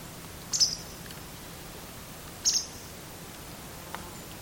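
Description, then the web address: Bird calls: two short, very high chirpy double notes about two seconds apart over a faint steady hiss, with a soft click near the end. "Deverinetal 2025 File origin Bird Only"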